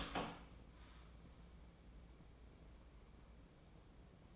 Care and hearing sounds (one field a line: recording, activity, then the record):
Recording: daily activity, microphone in the room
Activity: open door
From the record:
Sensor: 1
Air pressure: 1012.4 hPa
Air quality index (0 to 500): 162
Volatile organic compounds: 3 ppm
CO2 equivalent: 1326 ppm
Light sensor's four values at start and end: 880/1799/878/960 and 907/1853/905/989